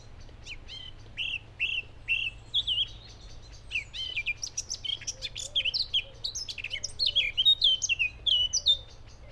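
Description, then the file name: Eurasian blackcap song: a fast, varied warble of sweet whistled and chattering notes, growing louder and denser toward the end, with soft lower notes beneath. "Sylvia atricapilla"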